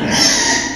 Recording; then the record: squeal of a Yucatan mini pig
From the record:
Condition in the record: before surgery on the right vocal fold (resection and tissue-engineered implant); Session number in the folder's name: 2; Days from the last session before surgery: 0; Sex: male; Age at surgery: 12 weeks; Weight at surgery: 13 kg